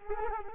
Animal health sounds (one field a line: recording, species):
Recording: mosquito wingbeat signal from an infrared sensor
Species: Culex quinquefasciatus